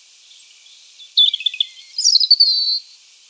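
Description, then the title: European robin song phrase: thin, high warbling notes, a stuttering run of short trills followed by a sweeping, slightly falling high twitter, against faint steady hiss. "Sylvain Jaskowiak - Mes piafs. Rougegorge familier"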